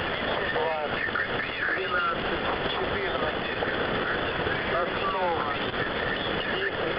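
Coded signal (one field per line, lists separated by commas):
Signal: coded military voice message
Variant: The Pip, Russian voice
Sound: faint voice fragments buried in loud, steady shortwave hiss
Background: radio static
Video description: "The Pip" is a Russian military station that broadcasts on 5448 kHz at daytime and 3756 kHz at nighttime.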